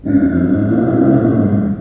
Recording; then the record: squeal of a Yucatan mini pig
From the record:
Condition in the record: after surgery on the right vocal fold (resection and tissue-engineered implant); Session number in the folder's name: 3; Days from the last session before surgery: 21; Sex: female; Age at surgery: 19 weeks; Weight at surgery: 25 kg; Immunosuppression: prednisolone